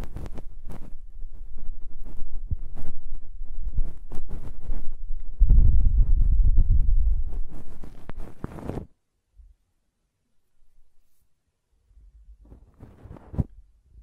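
Muffled ear cleaning: dense scraping and rubbing with sharp crackles for about nine seconds, swelling into a loud, low rumbling rush around 5 to 7 seconds, like blowing. Then near silence, with faint rustling and a single click near the end.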